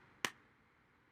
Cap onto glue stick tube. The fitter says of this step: then listen for the click. Now you know the lid's on tight.